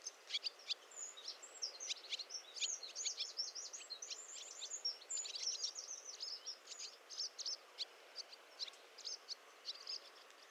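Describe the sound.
Swallow twittering, continuous high chirps and slurred notes in quick succession, thinning toward the end, with a soft background hiss.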